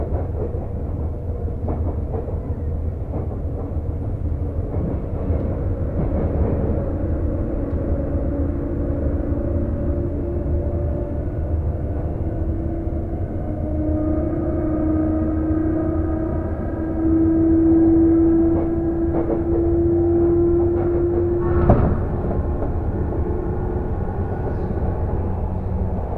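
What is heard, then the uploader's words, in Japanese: Inside a train on the Sotetsu through line, a steady low rumble fills the whole recording, topped by faint tonal whines from the motors. Partway through, a brighter sustained tone rises and holds for a few seconds, and a sharp clunk sounds near the end. 耳で楽しむ鉄道旅 武蔵小杉→二俣川→大和。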